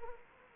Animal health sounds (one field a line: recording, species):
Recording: mosquito wingbeat signal from an infrared sensor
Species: Anopheles arabiensis